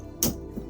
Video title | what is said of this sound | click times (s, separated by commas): LONDON Black Cab LTI TX4 Euro6 Service Time !! | These literally just click back on, | 0.2 s